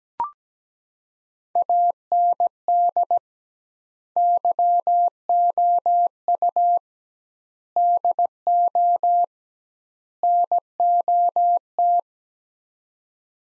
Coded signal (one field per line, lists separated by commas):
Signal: Morse code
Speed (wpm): 17 wpm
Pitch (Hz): 700 Hz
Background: none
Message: AND YOU DO NOT